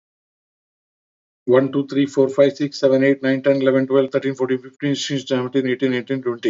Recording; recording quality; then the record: counting at a fast pace; excellent, no background noise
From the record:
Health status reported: healthy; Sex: male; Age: 47 years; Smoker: yes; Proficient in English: yes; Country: India